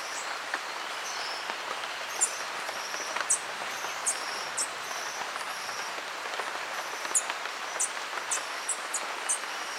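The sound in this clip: Green honeycreeper calls: brief high-pitched chips and ticks at irregular intervals, a few in quick pairs, over steady rain-like noise.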